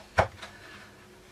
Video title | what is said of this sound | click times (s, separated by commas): Model Hovercraft build part 1 | then slide forward and then it locks in place two screws will hold it in place in the back but | 0.2 s